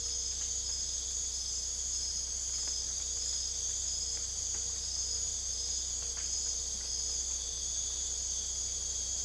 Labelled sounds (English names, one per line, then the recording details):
none
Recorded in secondary vegetation near Puerto Asís, Putumayo, Colombia, on 20 December 2024 at 03:00
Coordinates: 0.488, -76.319
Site GP04